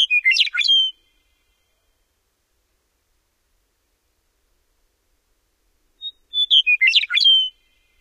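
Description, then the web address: Western meadowlark delivering two liquid, warbling whistled phrases separated by about five seconds of silence. Recorded in North America. "Know Your Bird Sounds Common Western Species 14-Western Meadowlark"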